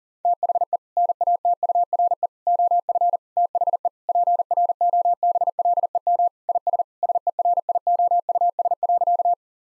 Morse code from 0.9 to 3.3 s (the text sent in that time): NATURE OF